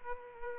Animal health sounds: mosquito wingbeat signal from an infrared sensor; Culex pipiens

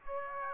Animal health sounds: mosquito wingbeat signal from an infrared sensor; Aedes aegypti

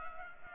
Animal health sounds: mosquito wingbeat signal from an infrared sensor; Culex pipiens

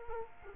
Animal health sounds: mosquito wingbeat signal from an infrared sensor; Culex quinquefasciatus

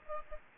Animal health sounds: mosquito wingbeat signal from an infrared sensor; Aedes aegypti

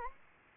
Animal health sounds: mosquito wingbeat signal from an infrared sensor; Anopheles gambiae

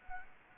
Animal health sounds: mosquito wingbeat signal from an infrared sensor; Culex quinquefasciatus

